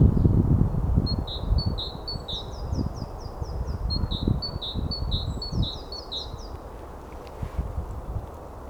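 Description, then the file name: Great tit song: quick runs of paired high notes, repeated in two bursts, with low background noise beneath. "Parus major"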